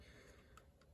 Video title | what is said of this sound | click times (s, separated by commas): Volkswagen POLO/GOLF COIL HARNESS replacement | slight click so you know that you can pull | 0.6 s